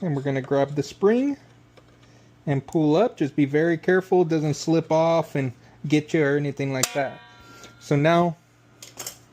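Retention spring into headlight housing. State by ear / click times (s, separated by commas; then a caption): seated / 8.8 s. Someone talks while pulling up the metal retention spring on an LP6 DOT headlight housing with needle-nose pliers and hooking it into place. Sharp metallic snaps follow, with the spring seating at 8.8 s, and it is confirmed in place.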